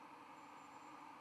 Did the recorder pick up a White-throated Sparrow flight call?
no